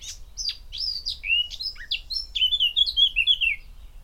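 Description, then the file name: Eurasian blackcap song: a quick scratchy warble of high chirps that turns into a clear, fluty run of descending whistled phrases, all within about four seconds. "Sylvia atricapilla"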